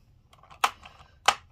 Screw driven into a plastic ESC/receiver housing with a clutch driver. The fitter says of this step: hear that clickings because i don't want to over tighten it and then strip out the plastic